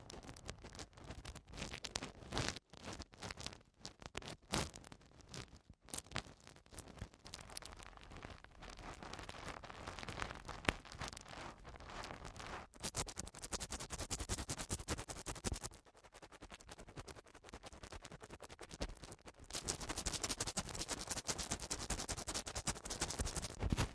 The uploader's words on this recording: Eardrum Cleaning (No Talking).